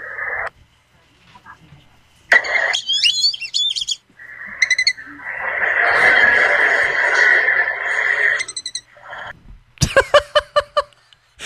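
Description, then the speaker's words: Whistling duck calls: several bursts of whistled notes, a long dense passage of calling in the middle, then a run of short whistles at the end. Whistling sounds with no quacking; played back on radio. "We need to hear the whistling duck again."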